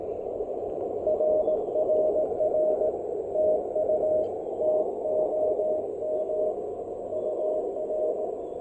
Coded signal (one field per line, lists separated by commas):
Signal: Morse code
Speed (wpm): 19 wpm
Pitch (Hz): 590 Hz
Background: none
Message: RRR TU TOM UR